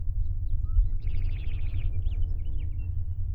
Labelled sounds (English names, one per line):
House Finch song